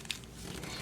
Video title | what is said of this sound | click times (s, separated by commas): 🦇 LIL’ SHUCKIES PEARL PARTY - SERIES 1 🦇 | Taking our tool to our little shell, you can hear it pop, twist, | 0.1 s